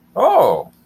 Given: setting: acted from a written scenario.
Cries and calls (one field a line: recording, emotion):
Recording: vocal sound without words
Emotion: positive surprise